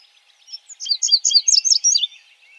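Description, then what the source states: Indigo bunting song, a quick run of high sweet notes, many paired, with bright bursts near the middle, lasting under two seconds, then quiet. Recorded in 2007.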